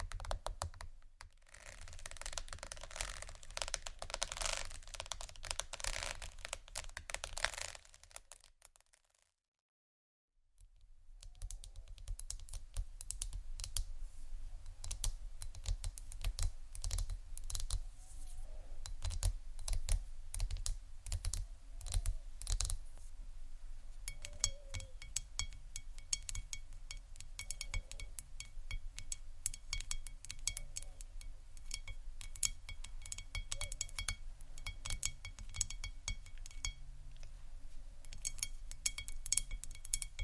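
Rapid tapping and scratching of marble and wood runs almost without pause, dense clicks like keyboard typing. Near the ten-second mark it goes silent for about two seconds, then resumes. Later, brighter ringing clinks and crinkly scratches join the steady tapping.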